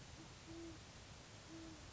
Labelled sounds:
Great Horned Owl
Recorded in Sonoma County, California

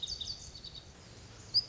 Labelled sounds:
Lazuli Bunting
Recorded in Sonoma County, California

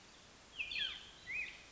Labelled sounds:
Black-headed Grosbeak
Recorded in Sonoma County, California

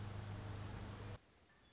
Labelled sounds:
Red-winged Blackbird
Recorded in Sonoma County, California

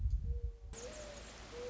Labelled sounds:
Mourning Dove
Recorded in Sonoma County, California

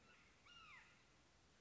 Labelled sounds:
Red-shouldered Hawk
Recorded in Sonoma County, California

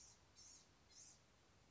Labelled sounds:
Blue-gray Gnatcatcher
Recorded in Sonoma County, California

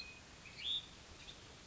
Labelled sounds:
Hutton's Vireo
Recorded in Sonoma County, California

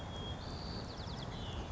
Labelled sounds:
White-crowned Sparrow
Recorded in Sonoma County, California

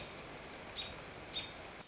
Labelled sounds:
American Robin
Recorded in Sonoma County, California

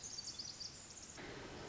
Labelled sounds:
Pacific Wren
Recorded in Sonoma County, California

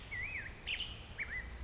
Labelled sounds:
Black-headed Grosbeak
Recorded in Sonoma County, California

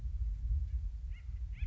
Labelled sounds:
Acorn Woodpecker
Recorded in Sonoma County, California

